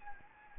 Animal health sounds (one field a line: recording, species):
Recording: mosquito wingbeat signal from an infrared sensor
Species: Anopheles gambiae